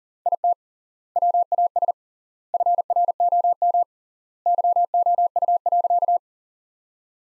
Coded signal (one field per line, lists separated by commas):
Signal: Morse code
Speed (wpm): 37 wpm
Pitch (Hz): 700 Hz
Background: none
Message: IT WAS FROM YOU.